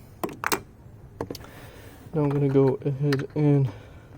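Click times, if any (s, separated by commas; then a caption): none. A wiring harness connector is handled near the new MAP sensor on the intake of a 2010 Hyundai Sonata, with sharp plastic clicks and taps around 0.2–0.5 s and 1.2–1.4 s, then someone talks from about 2.1 s to the end. The connector has not yet been pushed onto the sensor, and nothing has seated or clicked in yet.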